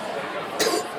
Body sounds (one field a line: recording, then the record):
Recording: coughing mixed with background sound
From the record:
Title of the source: 55 gaggy wet cough